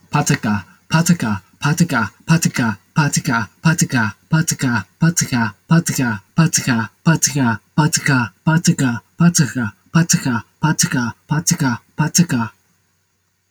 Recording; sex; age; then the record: repeated syllables /pa ta ka/; male; 20 to 29 years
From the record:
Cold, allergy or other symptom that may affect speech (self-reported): no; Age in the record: 22 years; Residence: Tennessee, United States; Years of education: 14